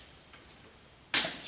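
A carbon tail boom support is pulled back out of the frame tabs of a Trex 500 EFL Pro RC helicopter. After a quiet stretch, it pops out with a single sharp, bright snap at 1.2 s, followed by a brief fading ring.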